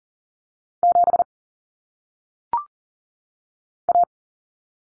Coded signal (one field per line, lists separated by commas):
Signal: Morse code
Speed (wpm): 40 wpm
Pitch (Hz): 700 Hz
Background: none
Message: 7 A